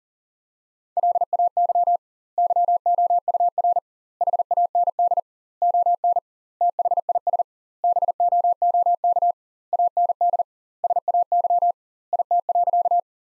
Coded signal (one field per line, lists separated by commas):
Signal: Morse code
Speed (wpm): 40 wpm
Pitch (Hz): 700 Hz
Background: none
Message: LAY YOUR HAND ON THIS BOOK AND SAY IT.